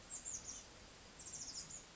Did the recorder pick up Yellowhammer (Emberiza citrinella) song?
no